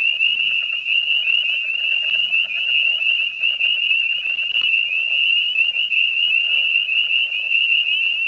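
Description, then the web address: Tree frog calls in a steady, fast-pulsed high trill that runs without a break from start to end, with faint lower buzzing behind it. "frogs Family Hylidae"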